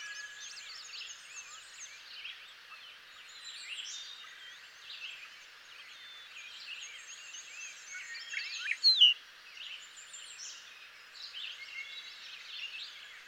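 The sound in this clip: Bobolink song: long, rambling, bubbly phrases of metallic, tumbling notes, overlapping throughout, with a brief louder burst partway through.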